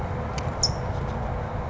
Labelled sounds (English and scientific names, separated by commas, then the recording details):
California Towhee (Melozone crissalis)
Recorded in Sonoma County, California